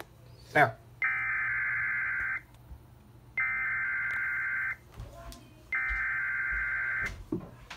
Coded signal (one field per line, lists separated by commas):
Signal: Emergency Alert System (SAME) tones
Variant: header bursts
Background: speech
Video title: GA SVR (7/28/21) EAS 323